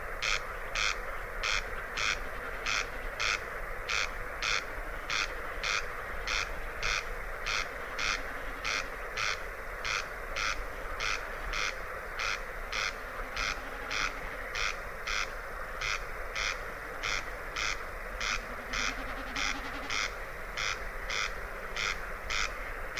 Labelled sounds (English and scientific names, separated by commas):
Corn Crake (Crex crex)